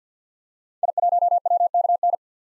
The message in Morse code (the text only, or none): I1WKN